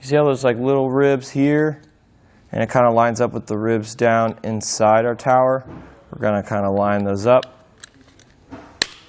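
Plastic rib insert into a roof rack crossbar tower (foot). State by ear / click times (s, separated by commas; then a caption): seated / 8.8 s. Someone talks while lining up the ribs on a small plastic insert with the ribs inside the foot tower of a Yakima HD crossbar for a 2020 Ram 1500. A few faint ticks follow as the ribbed insert is pushed into the tower, and it snaps into place with a sharp click at 8.8 s, seated.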